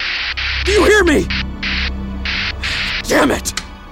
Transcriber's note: FX – Nothing but static on the radio